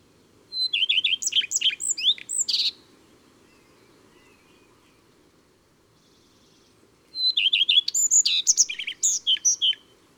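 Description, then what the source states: Common redstart delivering two song phrases several seconds apart. Whistled opening, rapid repeated notes and a scratchy ending, over a soft low hum. Recorded in April.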